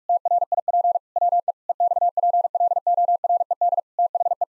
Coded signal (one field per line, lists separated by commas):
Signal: Morse code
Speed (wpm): 46 wpm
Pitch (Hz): 700 Hz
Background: none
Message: TRIP WE EXPLORED THE